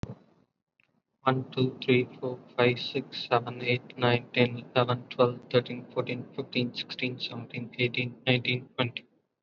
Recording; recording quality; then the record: counting at a normal pace; excellent, no background noise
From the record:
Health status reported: COVID-19 positive, mild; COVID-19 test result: positive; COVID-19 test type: RT-PCR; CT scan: not taken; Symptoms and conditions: none ticked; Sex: male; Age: 26 years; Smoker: no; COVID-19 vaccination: one dose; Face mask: worn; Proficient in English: yes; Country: India